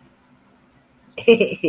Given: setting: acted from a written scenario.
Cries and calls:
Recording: vocal sound without words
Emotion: embarrassment

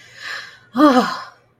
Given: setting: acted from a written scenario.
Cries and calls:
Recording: vocal sound without words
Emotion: relief

